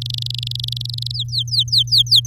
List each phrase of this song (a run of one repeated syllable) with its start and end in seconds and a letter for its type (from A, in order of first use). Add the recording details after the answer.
0.00-1.11 A, 1.13-2.26 B. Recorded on 9 May 2018 at 11:21. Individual llb16